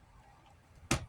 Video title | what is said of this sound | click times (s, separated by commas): unboxing n review of the folding saglorb 8.5 closet organizer box | And I don't know if you heard the snap or not, but that they snap in place. | 0.9 s